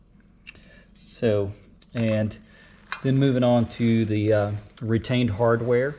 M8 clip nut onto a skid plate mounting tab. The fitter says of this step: you're going to use the larger ones so these are M8 units and they'll just snap into place as well